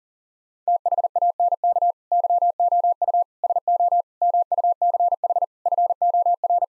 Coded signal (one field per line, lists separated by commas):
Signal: Morse code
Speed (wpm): 40 wpm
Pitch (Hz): 700 Hz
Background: none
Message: THANK YOU SO MUCH FOR